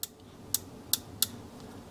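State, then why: Torque reached. A 2 to 3 inch micrometer is closed onto its metal calibration standard until it contacts both ends, and the ratchet clicker on the end of the thimble slips at its set force. Four sharp, bright clicks sound at 0.0, 0.5, 0.9 and 1.2 seconds over a low steady hum, each louder than the last. The clicks confirm the micrometer is tight enough.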